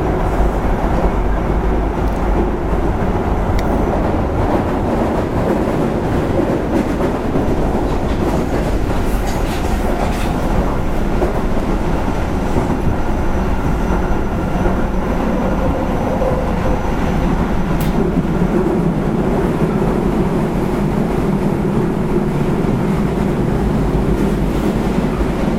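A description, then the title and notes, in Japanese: An Osaka Municipal Transportation 30000 series train runs with a steady, dense low rumble and faint motor whine, plus occasional brief clicks and rattles. 大阪市交 30000系 新大阪からなんばまで。大阪市交通局の30000系電車の走行音です。御堂筋線にて収録しました。区間は、新大阪からなんばまでです。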